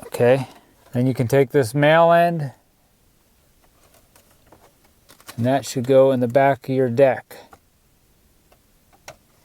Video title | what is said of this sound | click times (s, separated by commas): 3rd Gen Tundra Plug and Play Beat Sonic mini amp | Click in place. | 9.1 s